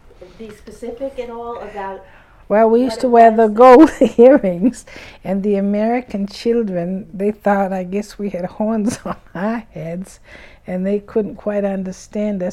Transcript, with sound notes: be specific at all about...
Well, we used to wear the gold earrings, ( she laughs ) and the American children, they thought, I guess, we had horns on our heads, and they couldn't quite understand us.